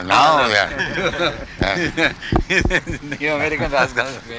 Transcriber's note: laughter